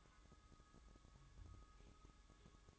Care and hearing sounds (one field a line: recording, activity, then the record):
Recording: daily activity, microphone in the room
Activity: take from stove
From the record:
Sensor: 3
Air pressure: 1008.0 hPa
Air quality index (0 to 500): 116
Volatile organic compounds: 1 ppm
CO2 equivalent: 967 ppm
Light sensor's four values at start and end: 8/19/8/7 and 8/19/8/7